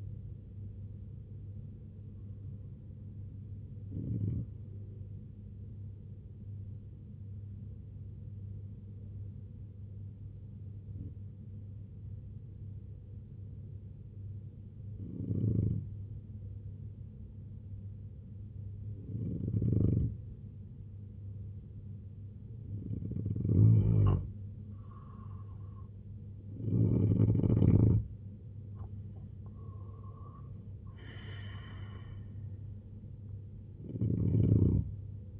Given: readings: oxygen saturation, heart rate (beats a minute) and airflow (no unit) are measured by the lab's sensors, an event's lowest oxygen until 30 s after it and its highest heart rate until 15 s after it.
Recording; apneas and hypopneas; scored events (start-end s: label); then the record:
breathing in sleep by a smartphone at the bedside; 1
8.00-29.50 s: hypopnea (N2, oxygen 95% highest, then 88% lowest, heart rate 64 at the start, 80 highest)
From the record:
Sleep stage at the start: N2 (light sleep); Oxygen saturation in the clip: 88 to 95%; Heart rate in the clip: 60 to 80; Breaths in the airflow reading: 6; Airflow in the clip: -11.0 to 7.2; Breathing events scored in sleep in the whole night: 258 in 7.4 hours asleep